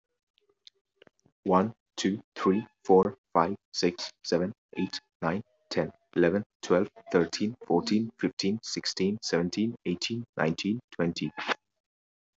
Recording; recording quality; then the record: counting at a fast pace; poor, much background noise or distortion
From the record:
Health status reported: exposed to COVID-19, no respiratory illness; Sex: male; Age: 19 years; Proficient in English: yes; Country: India